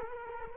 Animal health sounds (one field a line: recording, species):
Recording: mosquito wingbeat signal from an infrared sensor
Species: Culex quinquefasciatus